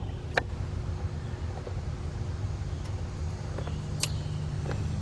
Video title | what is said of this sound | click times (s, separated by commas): ⭐ 2006 Jeep Grand Cherokee - 3.7 - Broken Thermostat Bolt - Drill And Tap New Threads | We're going to push those connectors in until they click. | 0.4 s, 4.0 s